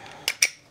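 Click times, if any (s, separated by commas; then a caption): 0.3 s, 0.4 s. An unloaded factory pistol magazine is pushed into the grip's magazine well until a Tyrant Designs aftermarket CNC gold magazine release catches it. Two sharp, bright clicks sound at 0.3 s and 0.4 s over a quiet background. The magazine seats with a positive click.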